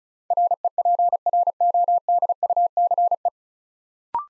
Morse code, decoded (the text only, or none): REPRODUCE